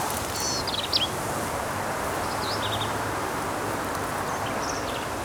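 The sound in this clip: Black-capped vireo song: faint, short, high chattering phrases and slurred notes in a few bursts over a steady rushing background noise.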